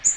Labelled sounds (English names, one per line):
Magnolia Warbler flight call